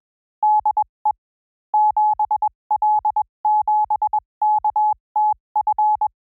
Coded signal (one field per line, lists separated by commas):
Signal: Morse code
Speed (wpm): 21 wpm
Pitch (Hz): 850 Hz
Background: none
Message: DE 7L7KTF